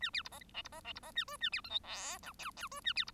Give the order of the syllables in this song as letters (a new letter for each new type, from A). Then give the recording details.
A B C D E C D E C D A F A B G H I J K K F A B C. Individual Bird1